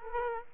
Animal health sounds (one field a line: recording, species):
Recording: mosquito wingbeat signal from an infrared sensor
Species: Aedes aegypti